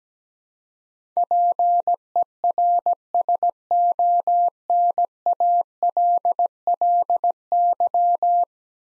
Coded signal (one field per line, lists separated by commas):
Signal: Morse code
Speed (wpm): 17 wpm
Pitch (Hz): 700 Hz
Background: none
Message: PERSONALLY